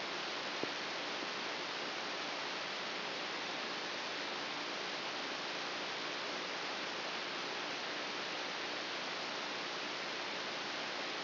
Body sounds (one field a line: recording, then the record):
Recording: brain microelectrode recording played as sound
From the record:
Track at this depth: outside the subthalamic nucleus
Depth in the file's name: 5.201 mm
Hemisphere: right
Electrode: 3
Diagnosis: Parkinson's disease